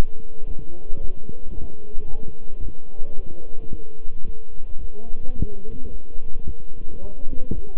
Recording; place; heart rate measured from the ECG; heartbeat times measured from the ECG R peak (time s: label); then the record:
heart sounds by stethoscope; between the tricuspid and mitral areas; 110 bpm
0.46 s: heartbeat
0.99 s: heartbeat
1.52 s: heartbeat
2.06 s: heartbeat
2.60 s: heartbeat
3.14 s: heartbeat
3.69 s: heartbeat
4.24 s: heartbeat
4.79 s: heartbeat
5.35 s: heartbeat
5.89 s: heartbeat
6.44 s: heartbeat
6.99 s: heartbeat
7.53 s: heartbeat
From the record:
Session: walking at 3.7 km/h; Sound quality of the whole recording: good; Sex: male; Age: 26 years